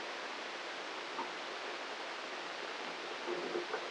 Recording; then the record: brain microelectrode recording played as sound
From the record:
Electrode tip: inside the subthalamic nucleus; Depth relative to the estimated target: 0 mm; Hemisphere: right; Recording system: NeuroSet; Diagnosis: Parkinson's disease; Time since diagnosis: 15 years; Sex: male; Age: 65 years